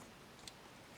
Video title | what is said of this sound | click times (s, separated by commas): 变形金刚MS魔方混天豹爆炸再版G1动画色玩具开箱 | 然后我们再把这一块的燕尾锁扣上，夹 | 0.5 s